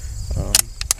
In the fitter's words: action is very smooth and it has a nice click at the end